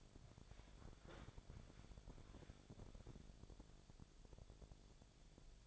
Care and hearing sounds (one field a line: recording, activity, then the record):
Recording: daily activity, microphone in the room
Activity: walk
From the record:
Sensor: 5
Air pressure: 1000.6 hPa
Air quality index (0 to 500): 136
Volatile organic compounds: 2 ppm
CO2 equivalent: 1058 ppm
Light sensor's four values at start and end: 48/113/47/50 and 49/113/47/50